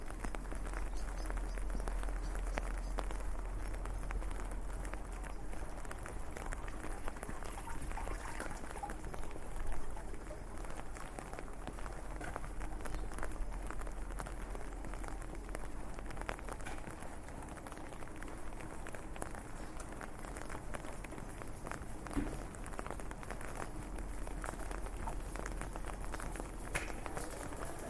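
Someone walks through rainy streets in Switzerland, rain pattering in a dense, steady hiss across the whole 28 seconds. Footsteps and small splashes tick irregularly throughout, with a low rumble underneath and a brief louder knock near ten seconds.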